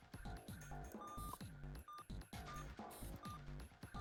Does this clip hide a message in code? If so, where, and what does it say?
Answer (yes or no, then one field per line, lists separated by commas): no